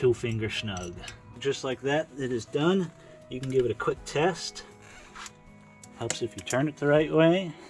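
Someone talks while handling the dial of a newly installed Mile Marker manual locking hub on the front wheel hub of a Ford 7.3 Powerstroke truck, first turning it the wrong way and then toward the lock position. Light handling noises sit between the talking. Nothing has clicked or locked into place yet.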